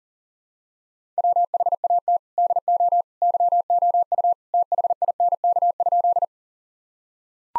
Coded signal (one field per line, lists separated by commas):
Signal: Morse code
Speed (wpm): 40 wpm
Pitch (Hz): 700 Hz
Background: none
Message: WHAT DO YOU THINK?